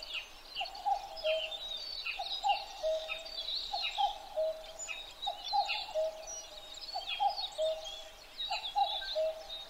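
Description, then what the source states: Common cuckoo sounding its falling two-syllable call again and again at an even pace, while a chorus of songbirds twitters and whistles higher up. Recorded 12 June 2011 at 03:53.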